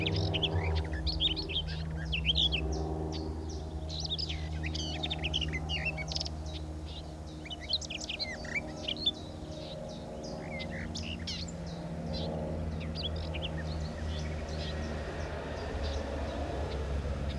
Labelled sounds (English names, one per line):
Garden Warbler song